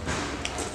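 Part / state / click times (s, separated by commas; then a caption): size-5 tool piece into its holder/tool / seated / 0.4 s. A size-5 tool piece is fitted onto its holder on the tool. A single sharp click comes at 0.5 s over steady background noise, and the piece is locked in place.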